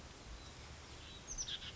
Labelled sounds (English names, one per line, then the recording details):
Oak Titmouse
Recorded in Sonoma County, California